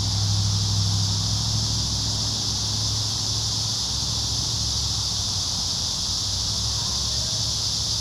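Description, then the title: Cicada chorus, an unbroken high-pitched hiss-like buzz, over a low humming rumble that weakens after about two seconds. Several cicadas recorded singing in a park. "neoscenes: cicadas in the park"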